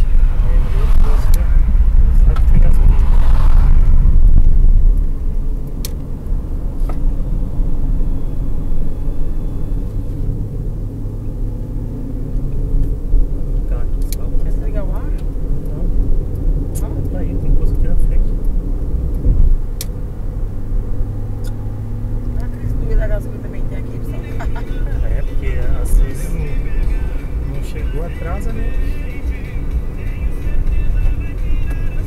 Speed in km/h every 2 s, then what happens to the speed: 32, 37, 43, 51, 59, 63, 66, 71, 76, 81, 86, 91, 92, 94, 96, 97.
0-32 speeds up to 97.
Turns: none.